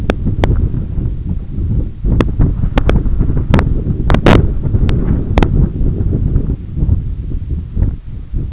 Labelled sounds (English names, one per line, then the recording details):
none
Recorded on Arctic tundra, site EABA-1, on 20 June 2018
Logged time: 18:00